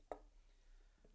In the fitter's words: I'm going to hold it down on the bottom piece and then that's it snaps into place